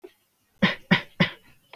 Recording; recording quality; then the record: shallow voluntary cough; moderate, slight background noise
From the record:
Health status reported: healthy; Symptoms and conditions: none ticked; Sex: male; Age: 29 years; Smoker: not ticked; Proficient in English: yes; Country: India